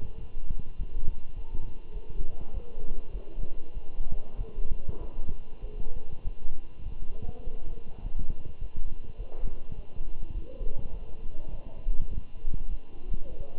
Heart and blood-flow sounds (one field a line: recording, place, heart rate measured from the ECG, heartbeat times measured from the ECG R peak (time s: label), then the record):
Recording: heart sounds by stethoscope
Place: between the tricuspid and mitral areas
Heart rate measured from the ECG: 101 bpm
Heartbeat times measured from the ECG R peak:
0.20 s: heartbeat
0.78 s: heartbeat
1.35 s: heartbeat
1.93 s: heartbeat
2.53 s: heartbeat
3.12 s: heartbeat
3.74 s: heartbeat
4.37 s: heartbeat
5.00 s: heartbeat
5.61 s: heartbeat
6.24 s: heartbeat
6.84 s: heartbeat
7.44 s: heartbeat
8.03 s: heartbeat
8.60 s: heartbeat
9.17 s: heartbeat
9.75 s: heartbeat
10.33 s: heartbeat
10.92 s: heartbeat
11.50 s: heartbeat
12.11 s: heartbeat
12.70 s: heartbeat
13.29 s: heartbeat
From the record:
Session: walking at 3.7 km/h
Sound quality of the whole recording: good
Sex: male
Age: 24 years